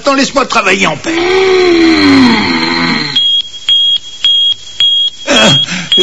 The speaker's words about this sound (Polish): Włączył się alarm. Ktoś jest we wnętrzu statku.